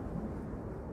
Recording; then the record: background sound without coughing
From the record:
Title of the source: Train Ride Ambience ambient white noise for sleeping, focus, studying, reading